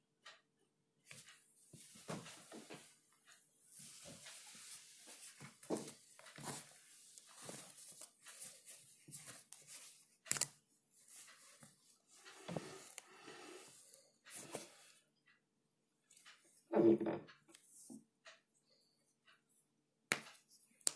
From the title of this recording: ticking of the clock, writing ASMR, page flipping and typing